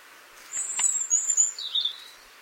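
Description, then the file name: European robin song phrase, a long high thin whistled note followed by a lower warbled twitter, all within about two seconds. "Erithacus rubecula"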